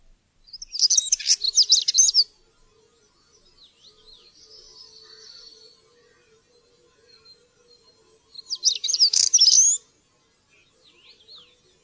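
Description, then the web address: European stonechat singing two short scratchy, jangling phrases several seconds apart, with faint thin high notes between them. "fuglelyder- svartstrupe"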